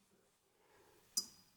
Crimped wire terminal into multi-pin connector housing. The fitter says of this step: Did you hear that snap? I don't know if this microphone caught it, but if it did, I'll amplify it.